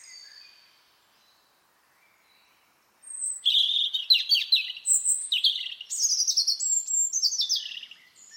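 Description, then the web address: Bird song: a faint note, a pause of a few seconds, then a long, lively run of high, tumbling chirps and whistled slurs. "cianscape birddata Deverinetal 2025 File origin Bird Only"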